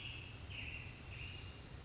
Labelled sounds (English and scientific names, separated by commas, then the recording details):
American Robin (Turdus migratorius)
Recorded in Sonoma County, California